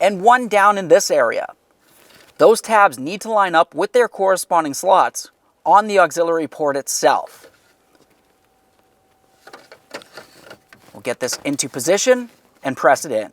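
Someone talks while a 12 V auxiliary outlet for a 2003-2011 Mercury Grand Marquis is positioned in its dashboard opening, with the dash tabs lined up with the outlet's slots before it is pressed in. Between about 9.5 and 10.7 s, only small handling taps are heard, and nothing has seated or clicked yet.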